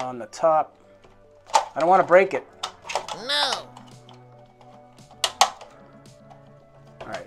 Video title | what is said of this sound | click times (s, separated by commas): ZURU Smashers Dino Island Gold Treasure Hunt over 70 Surprises inside | it's got to pop into place let's see there we go oh check that out all right there's our prize | 5.2 s, 5.4 s